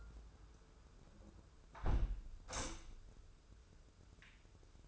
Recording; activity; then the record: daily activity, microphone in the room; close window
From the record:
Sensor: 2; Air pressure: 995.6 hPa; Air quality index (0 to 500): 95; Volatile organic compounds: 5 ppm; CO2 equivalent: 1754 ppm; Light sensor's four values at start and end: 24/77/30/29 and 24/76/30/29